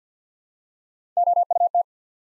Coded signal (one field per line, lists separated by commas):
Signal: Morse code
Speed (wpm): 49 wpm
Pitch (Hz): 700 Hz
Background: none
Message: OUT